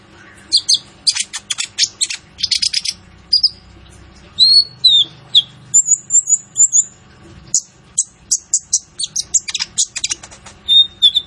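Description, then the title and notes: Kolibri Ninja song: dense, high-pitched stream of buzzy chips, falling whistles and a sustained trill, delivered almost without pause. Masteran training recording for songbirds of a lively 'gacor' Kolibri Ninja, full of 'isian' filler phrases and 'tembakan' shots, meant as pancingan to lure a bird into singing. "MASTERAN KOLIBRI NINJA FULL ISIAN DAN TEMBAKAN COCOK BUAT PANCINGAN. Suara Burung Kolibri Ninja Gacor"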